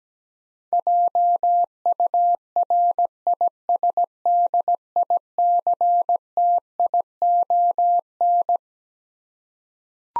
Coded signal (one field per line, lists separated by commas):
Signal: Morse code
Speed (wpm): 17 wpm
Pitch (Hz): 700 Hz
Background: none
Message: JURISDICTION